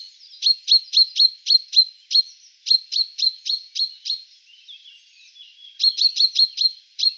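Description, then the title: Common chaffinch calling, a run of short sharp high notes repeated about four times a second, pausing briefly before resuming. "Sylvain Jaskowiak - Mes piafs. Pinson des arbres (cris)"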